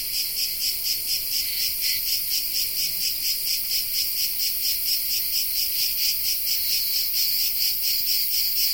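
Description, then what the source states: Cicada song, a dense high buzzing pulsed about twice a second in a steady unbroken rhythm. Cicada of the genus Tettigia recorded in the Peloponnese in the morning.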